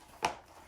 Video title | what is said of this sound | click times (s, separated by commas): Chick Brooder - H: 9.5" - 5 Layer (Assembly Instructions - Hatching Time) Cimuka | it should snap in very | 0.2 s